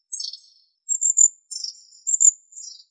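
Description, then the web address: Long-tailed tit calls: very high, thin notes in several short bursts, some with quick falling flicks; otherwise silent. "Aegithalos caudatus"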